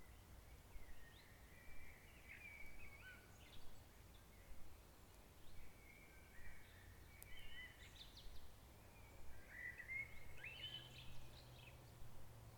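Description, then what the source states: Bird song: scattered twittering and whistled phrases, a few rising notes near the end, all faint against a continuous low rumble. In forest.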